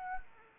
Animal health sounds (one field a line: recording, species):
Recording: mosquito wingbeat signal from an infrared sensor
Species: Anopheles arabiensis